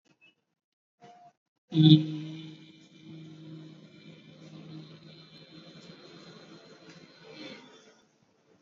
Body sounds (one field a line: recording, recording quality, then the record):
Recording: sustained vowel as in beet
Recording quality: excellent, no background noise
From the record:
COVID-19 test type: RT-PCR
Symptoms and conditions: cold, fever, fatigue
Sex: male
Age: 21 years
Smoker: no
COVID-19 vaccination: both doses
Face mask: worn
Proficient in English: yes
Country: India